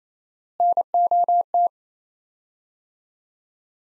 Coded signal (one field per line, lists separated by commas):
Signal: Morse code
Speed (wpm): 28 wpm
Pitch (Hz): 700 Hz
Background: none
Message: NOT